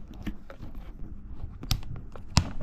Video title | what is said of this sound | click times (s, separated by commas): THIS IS SO UNEXPECTED!!! | until it clicks. | 1.7 s, 2.4 s